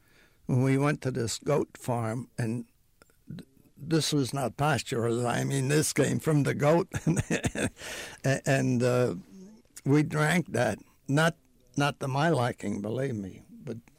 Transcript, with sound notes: And we went to this goat farm, and this was not pasteurized. I mean, this came from the goat. ( he laughs ) And we drank that. Not to my liking, believe me, but